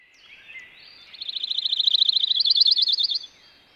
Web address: suono del canto primaverile del cantore della pineta